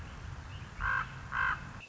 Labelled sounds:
Common Raven
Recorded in Sonoma County, California

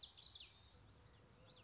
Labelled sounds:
Common Yellowthroat
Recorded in Sonoma County, California

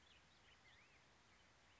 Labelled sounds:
Black-headed Grosbeak
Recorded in Sonoma County, California

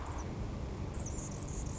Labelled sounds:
Anna's Hummingbird
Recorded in Sonoma County, California

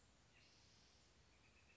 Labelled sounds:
Northern Flicker
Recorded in Sonoma County, California

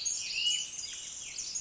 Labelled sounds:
Pacific Wren
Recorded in Sonoma County, California

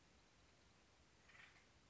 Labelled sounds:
Acorn Woodpecker
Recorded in Sonoma County, California

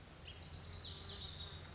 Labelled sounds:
Lazuli Bunting
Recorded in Sonoma County, California

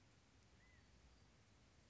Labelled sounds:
California Quail
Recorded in Sonoma County, California

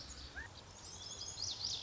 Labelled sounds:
Lazuli Bunting
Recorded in Sonoma County, California

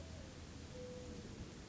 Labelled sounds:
Mourning Dove
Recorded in Sonoma County, California

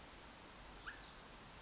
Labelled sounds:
Pacific Wren
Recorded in Sonoma County, California

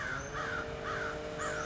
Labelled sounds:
American Crow
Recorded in Sonoma County, California

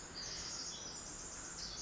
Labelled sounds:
Pacific Wren
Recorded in Sonoma County, California

